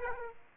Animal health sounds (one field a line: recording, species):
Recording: mosquito wingbeat signal from an infrared sensor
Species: Aedes aegypti